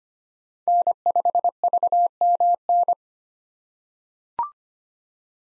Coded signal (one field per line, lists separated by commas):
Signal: Morse code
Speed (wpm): 25 wpm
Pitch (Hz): 700 Hz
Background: none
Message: N5VMN